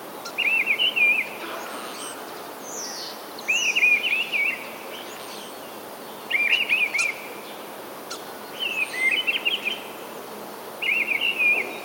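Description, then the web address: Mistle thrush song: short fluty, warbled phrases repeated about every two to three seconds with quiet gaps between. "wroblowe kolekcja paszkot"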